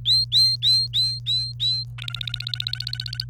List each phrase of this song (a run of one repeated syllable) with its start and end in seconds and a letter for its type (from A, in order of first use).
0.05-1.83 A, 1.98-3.25 B